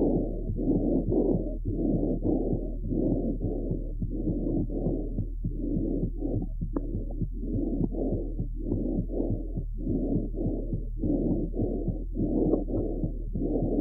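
Lung auscultation of a suckling foal with bronchitis by stethoscope: moist crackles receding behind the physiologically loud bronchial breath sounds, with heart sounds also picked up and the foal occasionally swallowing secretion.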